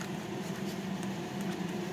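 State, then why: Not seated. A circuit board is being pressed back into the plastic housing of a Chrysler TIPM power module during reassembly, where clips hold the board in. Only a steady low hum with broadband background noise is heard, with no distinct clicks or impacts. Nothing has seated or clicked yet.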